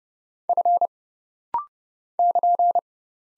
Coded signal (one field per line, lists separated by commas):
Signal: Morse code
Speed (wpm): 31 wpm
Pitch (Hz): 700 Hz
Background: none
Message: F <KN>